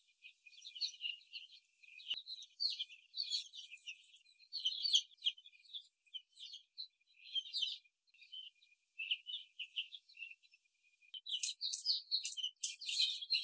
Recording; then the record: young laying hens in a cage, short pieces joined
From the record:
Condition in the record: before the stressor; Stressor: simulated dog barking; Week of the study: 3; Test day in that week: 1